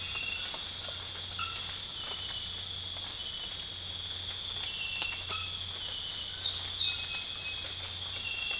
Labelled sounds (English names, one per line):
none